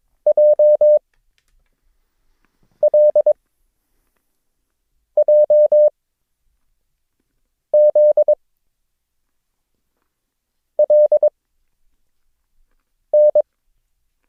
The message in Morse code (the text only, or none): J L J Z L N